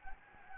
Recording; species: mosquito wingbeat signal from an infrared sensor; Anopheles gambiae